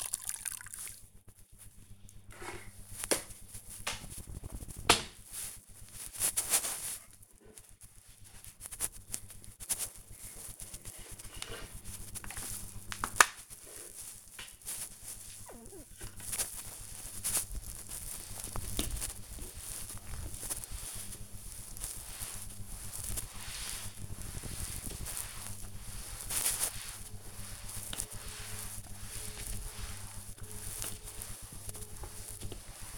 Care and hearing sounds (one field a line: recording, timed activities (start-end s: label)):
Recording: household activities, microphone on the right wrist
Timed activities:
0.00-32.98 s: floor cleaning